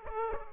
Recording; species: mosquito wingbeat signal from an infrared sensor; Aedes aegypti